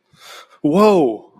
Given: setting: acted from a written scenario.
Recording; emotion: vocal sound without words; fear